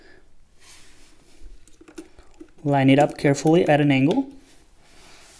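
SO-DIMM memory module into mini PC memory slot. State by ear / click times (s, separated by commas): not seated / none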